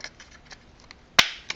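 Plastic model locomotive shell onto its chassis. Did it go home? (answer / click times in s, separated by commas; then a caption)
yes / 1.2 s. The plastic body shell of an Athearn SW1100 HO scale diesel locomotive is pressed down onto its chassis, with a few faint light ticks before a sharp, loud snap at 1.2 s, followed by a brief ringing tail and a smaller click at about 1.5 s. The shell snaps into place on the chassis.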